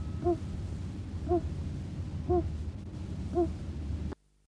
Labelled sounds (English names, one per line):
Greater Rhea call